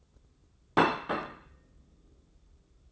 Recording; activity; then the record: daily activity, microphone in the room; place plate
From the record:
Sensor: 3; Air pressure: 995.2 hPa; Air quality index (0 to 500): 76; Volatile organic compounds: 5 ppm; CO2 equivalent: 1783 ppm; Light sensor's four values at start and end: 15/45/19/15 and 15/45/19/16